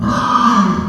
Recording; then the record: squeal of a Yucatan mini pig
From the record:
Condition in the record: after surgery on the right vocal fold (resection and tissue-engineered implant); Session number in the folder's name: 15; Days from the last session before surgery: 175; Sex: female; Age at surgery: 19 weeks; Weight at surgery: 25 kg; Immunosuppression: prednisolone